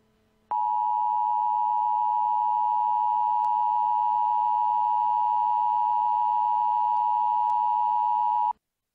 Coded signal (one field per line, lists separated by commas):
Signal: Emergency Alert System (SAME) tones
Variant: 853 and 960 Hz attention tone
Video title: EAS Scenario - Black Hole